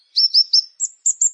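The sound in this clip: Plain prinia song: a quick phrase of three high, slightly rising chirps, then three thinner, even higher notes, with a clean, quiet background.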